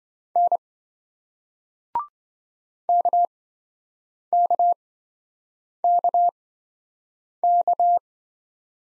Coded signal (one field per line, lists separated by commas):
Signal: Morse code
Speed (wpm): 26 wpm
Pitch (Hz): 700 Hz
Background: none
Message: N KKKK